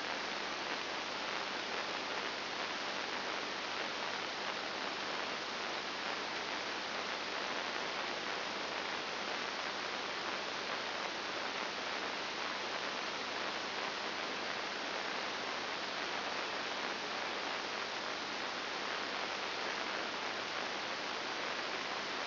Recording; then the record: brain microelectrode recording played as sound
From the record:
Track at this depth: inside the subthalamic nucleus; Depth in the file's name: 3.902 mm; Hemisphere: left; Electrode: 2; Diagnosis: Parkinson's disease